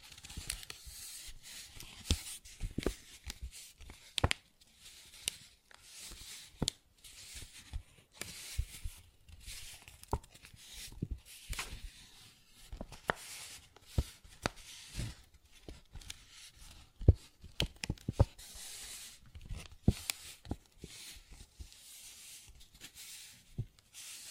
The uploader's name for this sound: Paper Bag Tapping and Scratching Sounds